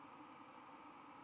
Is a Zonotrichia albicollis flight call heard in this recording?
no